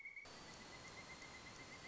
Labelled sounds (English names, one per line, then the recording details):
Pileated Woodpecker
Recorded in Sonoma County, California